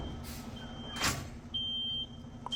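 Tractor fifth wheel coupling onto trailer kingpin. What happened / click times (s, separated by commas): The heavy coupling jaws locked shut / 2.5 s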